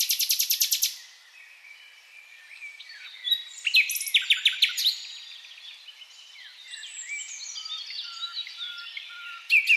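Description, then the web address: Common nightingale delivering a rapid rattling series of notes, followed after a pause by clicking bursts and drawn-out whistled phrases, ending with another sharp burst. "SETE data Luscinia megarhynchos"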